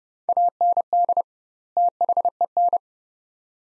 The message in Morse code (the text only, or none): AND THEN